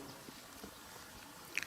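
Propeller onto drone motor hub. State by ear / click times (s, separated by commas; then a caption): seated / 1.6 s. A plastic propeller is refitted onto a drone's motor hub after it flew off during takeoff because it had not been snapped on. Over quiet background noise, a sharp click at 1.6 seconds shows the propeller snapping into place and seating.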